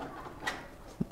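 Plastic cards are worked along the gap between a Dell Inspiron 5570 laptop's plastic bottom cover and the chassis, prying the snap clips open one by one. Sharp clicks sound at 0.5, 1.0 and 1.1 seconds, the first a bright, high-pitched snap and the second a low, dull knock. The bottom cover clips pop open and are released.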